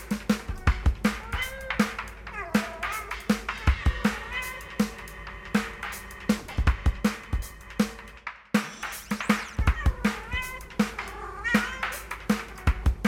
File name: The Cat